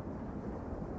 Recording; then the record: background sound without coughing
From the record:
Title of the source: Train Ride Ambience ambient white noise for sleeping, focus, studying, reading